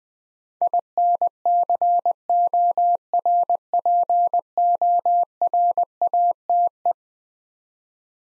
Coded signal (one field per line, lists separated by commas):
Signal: Morse code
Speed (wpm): 20 wpm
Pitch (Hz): 700 Hz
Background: none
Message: INCORPORATE